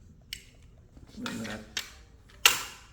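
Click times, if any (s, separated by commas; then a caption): 2.5 s. A RED Komodo camera's quick-release plate is set into a tripod head's clamp while someone talks, with a small tap near 0.3 s and handling noise in between. The plate snaps home with one loud, sharp click at 2.5 s. It seats, and the locking lever is then tugged to check that it holds.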